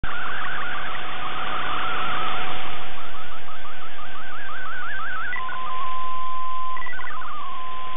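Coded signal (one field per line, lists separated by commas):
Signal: multi-tone FSK (Olivia or MFSK type)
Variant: MFSK64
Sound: rapid warbling single tone hopping through a narrow band, then a steady tone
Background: radio static, steady carrier tone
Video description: In this video it is MFSK64 for the image and MFSK32 for the concluding text after the image.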